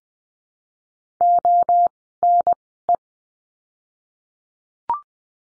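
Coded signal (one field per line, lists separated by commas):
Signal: Morse code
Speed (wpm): 20 wpm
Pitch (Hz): 700 Hz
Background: none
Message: ONE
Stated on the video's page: Morse code course lesson of words for the letter O, sent at Farnsworth speed of 20/10 wpm.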